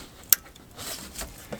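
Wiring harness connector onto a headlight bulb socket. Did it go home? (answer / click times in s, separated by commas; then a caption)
yes / 0.3 s. A plastic wiring harness connector is pushed up onto the back of a new high-beam headlight bulb socket on a Toyota Sienna and snaps into place with a sharp click at 0.3 s. Softer handling sounds follow, then a faint tap near 1.5 s as it is wiggled to check it holds. The connector is seated.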